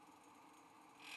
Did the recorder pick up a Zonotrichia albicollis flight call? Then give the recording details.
no. No flight call is heard. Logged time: 06:01 on 5 December 2014